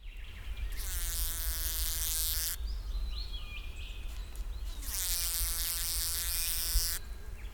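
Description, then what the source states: Bee buzz in two long droning bursts, each about two seconds, with a quieter low hum and faint high sounds between them. White-striped bee recorded 07/11/16 at 7:09 am EST.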